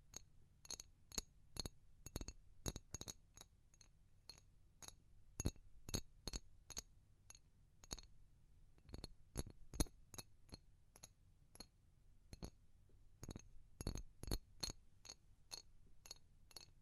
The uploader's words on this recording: ASMR Pure Tapping Fast and Slow (No Talking).